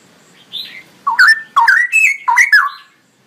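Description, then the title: Straw-headed bulbul song: after a faint opening note, several loud, rich, slurred whistled phrases against a quiet background. Male singing prolifically with a loud voice and long rolling phrases; used as masteran training song. "GILEEE Cucak ROWO Jantan GACOR Suara Lantang ROoo EL Panjang"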